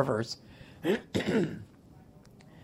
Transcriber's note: clears throat